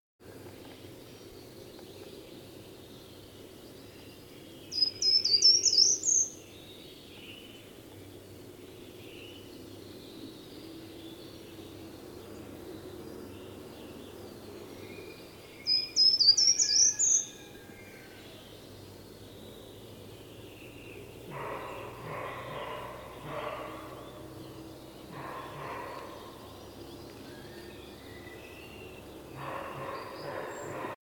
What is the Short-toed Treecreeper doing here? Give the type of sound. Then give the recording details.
song. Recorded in the wild. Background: Capreolus capreolus. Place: Parchtitz, Insel Rügen, Mecklenburg-Vorpommern, DE. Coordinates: 54.342, 13.555. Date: 1976-05-08 06:10. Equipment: Nagra III BH, Sennheiser MD 21, parabola. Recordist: Schubert, Michael. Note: Gesang Gartenbaumläufer alleine, schreckendes Reh